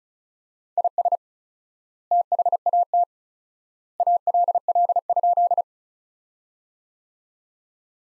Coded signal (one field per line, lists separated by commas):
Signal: Morse code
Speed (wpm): 36 wpm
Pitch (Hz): 700 Hz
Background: none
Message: IS THAT ALL?